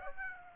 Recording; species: mosquito wingbeat signal from an infrared sensor; Aedes aegypti